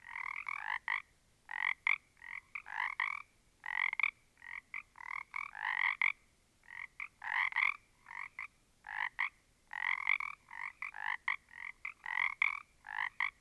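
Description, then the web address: Frogs calling, bursts of harsh pulsed croaks in quick clusters separated by brief pauses. A small group of frogs. "static audio olofonia Small Group of Frogs"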